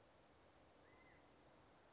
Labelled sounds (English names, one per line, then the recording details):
California Quail
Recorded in Sonoma County, California